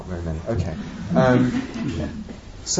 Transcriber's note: laughter